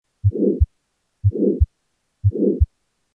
Aortic Stenosis (Diamond Shaped Systolic Murmur).